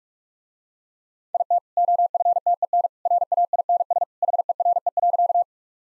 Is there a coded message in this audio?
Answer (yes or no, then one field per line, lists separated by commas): yes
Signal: Morse code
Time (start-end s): 1.3-5.4 s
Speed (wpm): 46 wpm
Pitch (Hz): 700 Hz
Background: none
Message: IT OFTEN RAINS HERE.